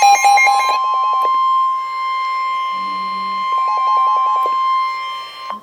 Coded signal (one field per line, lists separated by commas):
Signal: Emergency Alert System (SAME) tones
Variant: 1050 Hz attention tone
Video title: Severe Thunderstorm Warning - EAS #89